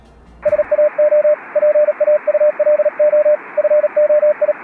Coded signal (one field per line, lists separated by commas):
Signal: Morse code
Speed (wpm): 37 wpm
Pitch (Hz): 600 Hz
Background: radio noise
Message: SAO PAULO FOI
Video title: Do telégrafo à era digital - internet. A trajetória profissional de Dary Bonomi Avanzi